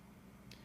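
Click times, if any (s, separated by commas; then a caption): 0.5 s. A tool-less plastic fastener clip, unlocked by twisting its logo and pulled out, is snapped into the installation rail of a 600 wide by 2000 high rack to hold an air brush baffle. Over a steady low hum, a single sharp, short snap is heard at 0.5 s as the clip seats in place.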